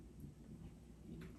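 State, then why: Not seated. After the batteries are swapped, the battery compartment on a Fenix HP30R V2 headlamp housing, mounted near a bump helmet, is rotated back toward its closed position. Only low, steady handling rumble and soft rubbing are heard, with a faint brighter scrape around 1.2 s. The compartment has not clicked into place yet, and nothing has seated by the end.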